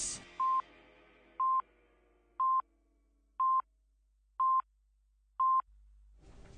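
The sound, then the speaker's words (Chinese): Six evenly spaced telephone keypad tones, about one per second, each a short clean beep in the mid range, sounding alone after a brief opening burst, with a low hum near the end, dialing in to a late-night Hong Kong radio phone-in. “我哋可以喺呢个深夜放读之前 听到 一个电话， 系打电话嚟1872388啦”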